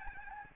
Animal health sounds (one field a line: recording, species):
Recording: mosquito wingbeat signal from an infrared sensor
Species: Aedes albopictus